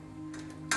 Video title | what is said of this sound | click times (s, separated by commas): Thermal Blinds: How to use Perfect Fit blinds using thermal fabric | they snap into place and when they snap into place this is what you're left with | 0.7 s